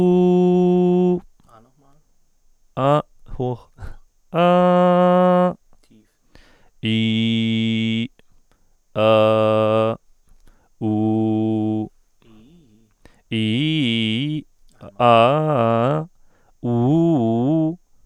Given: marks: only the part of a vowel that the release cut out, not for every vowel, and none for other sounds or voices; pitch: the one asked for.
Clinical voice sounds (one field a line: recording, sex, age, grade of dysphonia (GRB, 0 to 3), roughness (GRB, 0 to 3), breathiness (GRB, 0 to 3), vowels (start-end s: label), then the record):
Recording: sustained vowels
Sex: male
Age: 20 to 29 years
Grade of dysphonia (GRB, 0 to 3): 0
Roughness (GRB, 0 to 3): 0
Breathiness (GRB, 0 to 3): 0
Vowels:
0.00-1.09 s: vowel /u/, high pitch
4.42-5.43 s: vowel /a/, high pitch
6.91-7.97 s: vowel /i/, low pitch
9.05-9.86 s: vowel /a/, low pitch
10.90-11.77 s: vowel /u/, low pitch
13.38-14.32 s: vowel /i/, low-high-low pitch
15.07-15.86 s: vowel /a/, low-high-low pitch
16.73-17.64 s: vowel /u/, low-high-low pitch
From the record:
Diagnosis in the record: healthy voice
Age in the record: 29 years